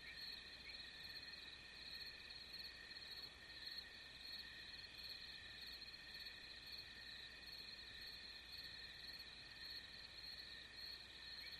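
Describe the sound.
Cricket chorus, an unbroken high-pitched ringing trill layered in bands, steady throughout with faint background noise.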